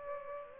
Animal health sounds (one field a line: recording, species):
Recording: mosquito wingbeat signal from an infrared sensor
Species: Aedes aegypti